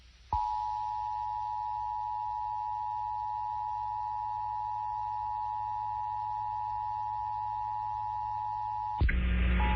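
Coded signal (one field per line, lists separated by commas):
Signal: Emergency Alert System (SAME) tones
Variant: 853 and 960 Hz attention tone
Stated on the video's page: 2021 National Periodic Test on WBAL 1090 AM, not sent via IPAWS; poor audio quality; valid SAME header tones.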